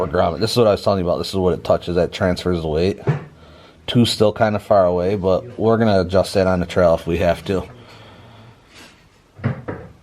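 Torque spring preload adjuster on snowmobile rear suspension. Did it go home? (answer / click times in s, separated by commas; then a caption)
yes / 9.4 s, 9.7 s. A torque spring preload adjuster on the rear suspension of a 2020 Ski-Doo Renegade XRS 850 snowmobile is adjusted by pressing its release button and turning it while someone talks. After the talking stops, two sharp clicks come at 9.4 s and 9.7 s as the adjuster clicks into its detent and the button pops back out, leaving it seated in its new position.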